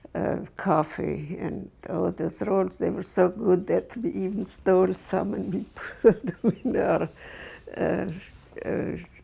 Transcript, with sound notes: uh, coffee. And oh those rolls, they were so good that we even stole some and we (she laughs) put them in out